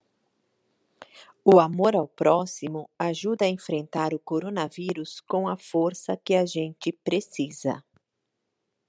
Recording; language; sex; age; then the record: spoken sentence; Brazilian Portuguese; female; 40 to 49 years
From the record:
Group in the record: control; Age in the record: 49 years